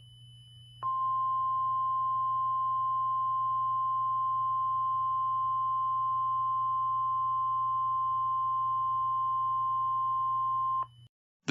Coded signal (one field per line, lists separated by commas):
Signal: Emergency Alert System (SAME) tones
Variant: 1050 Hz attention tone